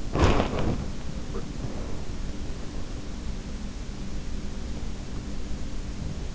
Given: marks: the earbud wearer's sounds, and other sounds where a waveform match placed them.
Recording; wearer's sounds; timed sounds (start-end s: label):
sounds in sleep by an in-ear microphone; teeth grinding, body movement, breath
0.00-0.63 s: teeth grinding
0.04-0.95 s: body movement
0.12-2.11 s: breath
3.88-5.16 s: breath